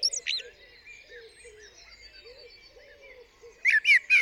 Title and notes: Blackbird On A Still Morning. I would like to share this recording I made this morning on the 8th April 2020 around 7am. A Blackbird singing on the roof of my studio